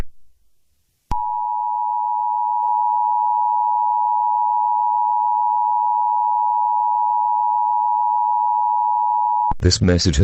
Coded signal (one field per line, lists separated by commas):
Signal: Emergency Alert System (SAME) tones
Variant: 853 and 960 Hz attention tone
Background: speech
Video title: SCP Containment Breach, EAS Scenario